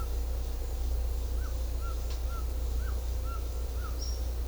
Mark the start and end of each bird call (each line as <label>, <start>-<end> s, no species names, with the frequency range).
bird call (0.8-2.0 kHz), 1.36-3.93 s